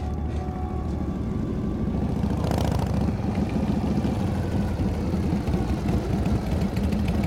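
A motorcycle engine idles as the motorcycle is parked at a roadside café, with a steady, low, throbbing rumble and rapid regular pulses, holding an even loudness throughout, with a brief rougher burst early on and no talking.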